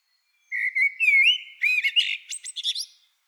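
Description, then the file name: Eurasian blackbird sings one phrase: mellow drawn-out whistles leading into a quick, shrill, chattering twitter at the end. "Turdus merula"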